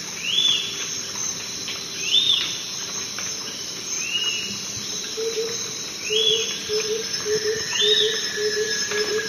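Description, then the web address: Zimmer's flatbill song: short arched notes repeated roughly every two seconds over a steady high insect drone, with a lower repeated chirping from another animal. Recorded in the eastern lowlands of South America. "Natures Songs S America Eastern Lowlands. Zimmer's Flatbill"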